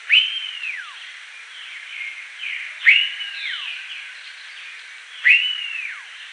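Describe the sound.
Bird giving bright whistled calls, each rising quickly and then curving down, three times, with fainter slurred notes filling the gaps.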